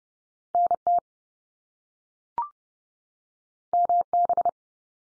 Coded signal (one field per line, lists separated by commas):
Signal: Morse code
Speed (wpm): 30 wpm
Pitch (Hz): 700 Hz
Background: none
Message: NT MB